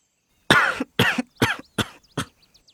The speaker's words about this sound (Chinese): …的房间里传来了一阵接一阵的咳嗽声